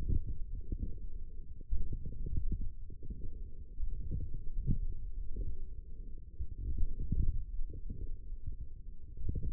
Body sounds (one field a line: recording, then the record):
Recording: forearm muscle sounds (acoustic myography)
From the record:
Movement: forearm supination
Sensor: system 1, eight BSWA MPA416 microphones around the upper forearm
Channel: 3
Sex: male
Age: 20 years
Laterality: left